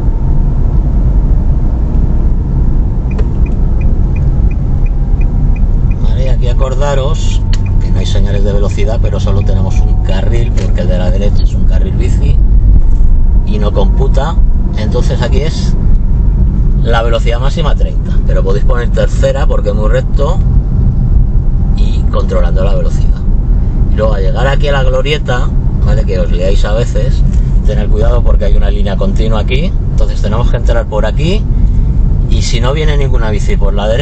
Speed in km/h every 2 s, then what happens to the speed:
32, 29, 25, 24, 26, 29, 32, 33, 31, 31, 32, 32, 32, 28, 27, 24, 20.
0-5 slows to 24. 5-13 speeds up to 33. 13-24 steady at about 32. 24-34 slows to 20.